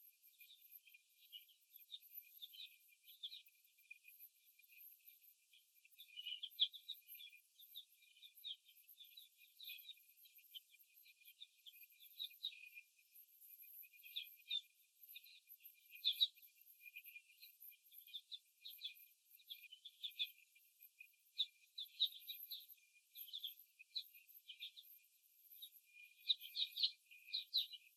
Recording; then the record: young laying hens in a cage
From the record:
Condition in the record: after the stressor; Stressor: simulated dog barking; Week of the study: 1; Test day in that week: 2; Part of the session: 4